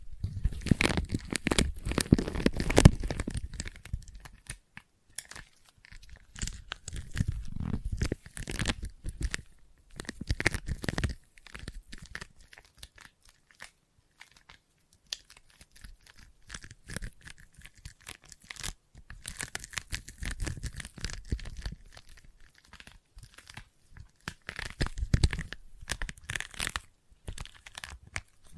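Sticky tapping and peeling sounds, dense bursts of crackly, tearing clicks that come and go in clusters with short quiet gaps, heaviest near the start and again around 20 and 25 seconds. Some bursts carry a low thump beneath the bright, crisp crackle.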